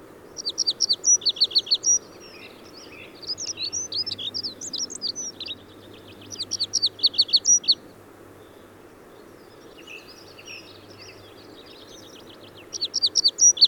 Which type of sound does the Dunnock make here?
song